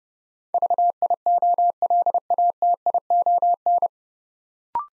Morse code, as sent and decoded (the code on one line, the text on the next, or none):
...- .. --- .-.. .- - .. --- -.
VIOLATION